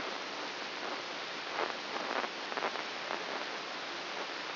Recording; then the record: brain microelectrode recording played as sound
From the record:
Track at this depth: inside the subthalamic nucleus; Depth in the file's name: 3.602 mm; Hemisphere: right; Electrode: 2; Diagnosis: Parkinson's disease